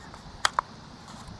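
A charged flight battery is slid into the rear bay of a Ruko U11 Mini 4K drone. Two sharp clicks sound at 0.5 s and 0.6 s over faint background noise, and the battery latches in place.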